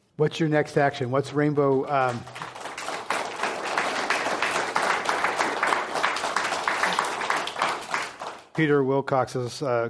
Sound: applause

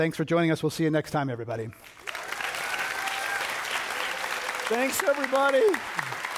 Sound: applause

